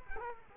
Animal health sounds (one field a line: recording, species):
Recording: mosquito wingbeat signal from an infrared sensor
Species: Culex quinquefasciatus